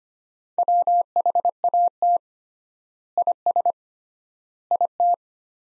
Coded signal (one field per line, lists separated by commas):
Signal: Morse code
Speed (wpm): 25 wpm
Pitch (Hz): 700 Hz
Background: none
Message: WHAT IS IT